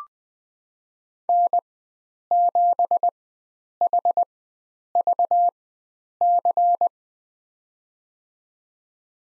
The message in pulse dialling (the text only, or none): none